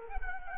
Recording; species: mosquito wingbeat signal from an infrared sensor; Culex quinquefasciatus